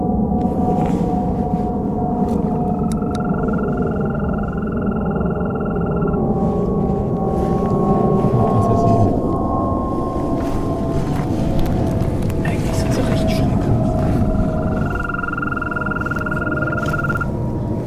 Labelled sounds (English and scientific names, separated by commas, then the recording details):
Green Toad (Bufo viridis) call
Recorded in the wild
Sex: male
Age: adult
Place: Falkenberger Rieselfelder, NSG Falkenberger Rieselfelder, Berlin, DE
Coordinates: 52.5847, 13.5531
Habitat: pound
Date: 2007-04-15 21:16
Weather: Luft 11°C, Wasser ca. 18°C
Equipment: Sound Devices 702, Sennheiser MKH 70, Windkorb
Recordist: Frommolt, Karl-Heinz
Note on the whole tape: Neuausgehobenes Becken im Nordosten des NSG "Falkenbergere Rieselfelder". Rufe einer einzelnen Wechselkröte. Entfernung minimal 5 m. Tier gesehen. Tier sitzt unmittelbar am Rand des Gewässers. Z.T. starke Störungen durch Fluglärm, jedoch stellenweise sehr gut